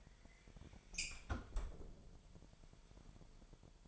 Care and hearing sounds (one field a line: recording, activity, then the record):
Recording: daily activity, microphone in the room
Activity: close fridge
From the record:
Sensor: 5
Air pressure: 1002.1 hPa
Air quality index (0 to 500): 225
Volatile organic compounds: 29 ppm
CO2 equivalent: 2934 ppm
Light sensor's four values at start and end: 10/23/10/11 and 9/21/8/10